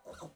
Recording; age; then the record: pig call; piglet (1 to 25 days)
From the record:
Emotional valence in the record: negative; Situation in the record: restrain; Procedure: back test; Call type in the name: low-frequency call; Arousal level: medium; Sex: male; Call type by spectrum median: low-frequency call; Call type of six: low-frequency stable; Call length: 0.36 s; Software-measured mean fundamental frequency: 58 Hz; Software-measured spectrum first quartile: 439 Hz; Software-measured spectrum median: 777 Hz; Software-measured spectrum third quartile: 2228 Hz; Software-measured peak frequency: 533 Hz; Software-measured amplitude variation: 189 dB a second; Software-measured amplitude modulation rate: 12.6 a second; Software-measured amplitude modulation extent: 14.9 dB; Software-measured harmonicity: 2.1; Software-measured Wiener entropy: -1.73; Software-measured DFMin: 494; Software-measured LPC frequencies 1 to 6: 602, 1315, 2894, 3776, 6094, 7715 Hz